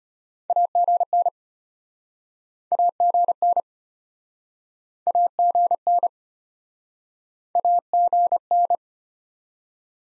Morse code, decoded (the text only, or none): AGN AGN AGN AGN